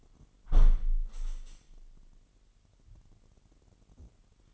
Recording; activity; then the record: daily activity, microphone in the room; close window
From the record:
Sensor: 4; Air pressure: 998.8 hPa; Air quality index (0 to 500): 116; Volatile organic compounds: 2 ppm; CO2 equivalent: 1142 ppm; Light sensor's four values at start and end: 9/23/9/10 and 9/23/9/10